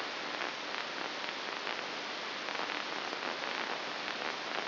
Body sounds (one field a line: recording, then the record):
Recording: brain microelectrode recording played as sound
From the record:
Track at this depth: inside the subthalamic nucleus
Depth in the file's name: 2.604 mm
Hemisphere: right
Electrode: 2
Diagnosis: Parkinson's disease